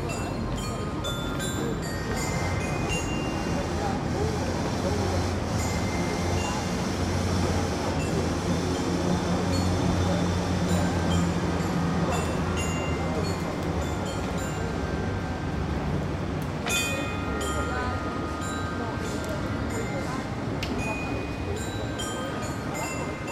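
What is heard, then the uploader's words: Children play on musical floor tiles that ring out short chime tones, scattered through a steady wash of street traffic and voices. The traffic rumble stays dense and constant throughout, with a low engine drone near the middle and a few sharp clicks later on. Kids playing on the Dance Chimes in front the ice-cream parlor Florencia in Den Haag. Kinderen spelen op de Muziek Tegels voor ijssalon Florencia in Den Haag.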